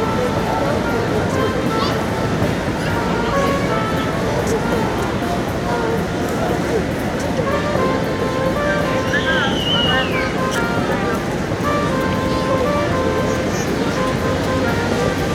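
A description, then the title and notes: Ambience from a calm city park, with a steady wash of many overlapping voices and a low murmur of traffic underneath. A bird chirps briefly around nine seconds, and faint higher calls drift in and out against the constant, even crowd sound. Calm Washington Square Park Ambience.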